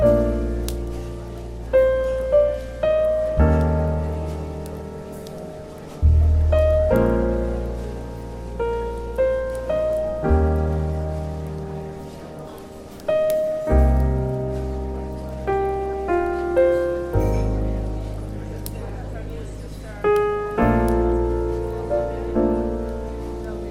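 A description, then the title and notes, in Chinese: Relaxed café jazz with a deep bass line and soft piano chords changing every few seconds, each chord struck and left to ring. Light melody notes sit above, with a faint, steady patter and low murmur running underneath throughout. 咖啡馆氛围与轻松舒缓的爵士音乐。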